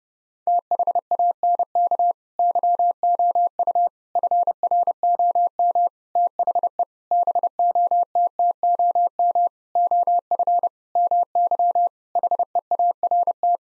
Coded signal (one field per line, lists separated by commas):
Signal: Morse code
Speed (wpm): 30 wpm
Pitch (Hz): 700 Hz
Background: none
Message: THANK YOU FROM THE BOTTOM OF MY HEART